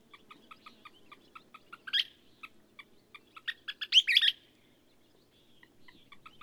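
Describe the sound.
Bird song: a steady series of short, even ticking notes, broken around the middle by a loud burst of rapid, tumbling chirps that then fade back to the ticking.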